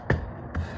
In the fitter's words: and that actually has a nice little click to it so it seats up nice